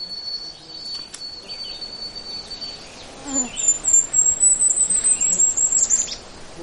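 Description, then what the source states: Golden-crowned Kinglet song, a series of thin, very high drawn-out notes that stops without a clear ending. Incomplete song, the ending not finished.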